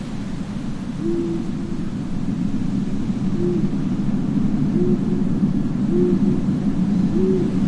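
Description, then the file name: Owl giving several low, short hoots at irregular intervals against a heavy rumbling wind. Graveyard ambience at night with wind and an owl. "zapsplat horror gravyard ambience night wind owl church bell"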